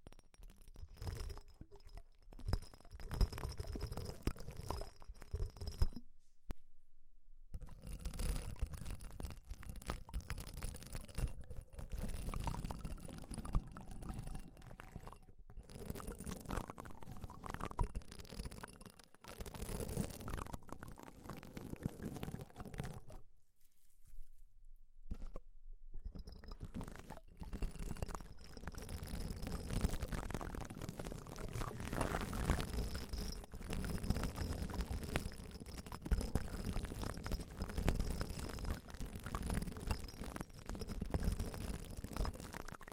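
Deep ear cleaning sounds: dense, crackling rubs and scratches with a muffled low rumble, going on almost without pause. Sudden silences break the sound near 6 and 24 seconds. After the second gap the scraping grows fuller and brighter.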